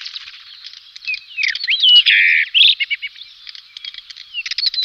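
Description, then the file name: Rufous-tailed rock thrush singing a fast, varied warble of chattering notes, slurred whistles and short buzzy trills running almost without pause. "Drozd pestryy kamennyy"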